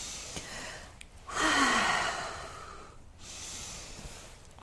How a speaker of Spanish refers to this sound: Y recuerda, cada respiración, cada inhalación, cada exhalación es el Espíritu de Dios.